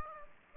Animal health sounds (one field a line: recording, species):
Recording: mosquito wingbeat signal from an infrared sensor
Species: Aedes aegypti